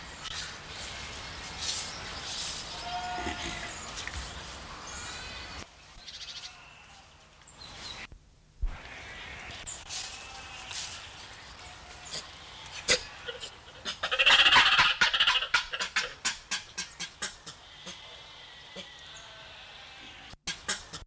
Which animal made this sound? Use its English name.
Mandrill